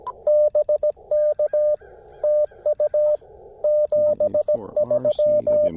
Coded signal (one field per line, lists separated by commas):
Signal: Morse code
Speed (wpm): 17 wpm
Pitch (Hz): 590 Hz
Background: radio noise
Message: BK TU 73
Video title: Testing the new Chameleon Tactical Delta Loop (CHA TDL) antenna on a POTA activation